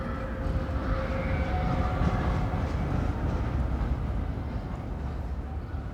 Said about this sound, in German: Nein, schrie ich in den Lärm der vorüberfahrenden Straßenbahn.